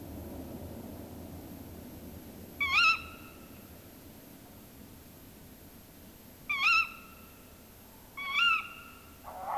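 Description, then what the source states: Tawny Owl gives three short sharp rising calls, spaced irregularly, over a steady background hiss with a low rumble at the start. Field recording from Finland, released 1987 on cassette.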